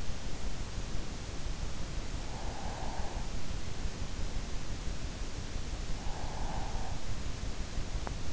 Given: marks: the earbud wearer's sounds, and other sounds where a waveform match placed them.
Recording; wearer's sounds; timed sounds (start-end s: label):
sounds in sleep by an in-ear microphone; breath
1.86-3.58 s: breath
5.75-7.29 s: breath